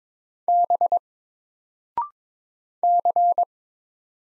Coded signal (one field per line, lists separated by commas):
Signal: Morse code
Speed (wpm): 22 wpm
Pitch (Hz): 700 Hz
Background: none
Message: B C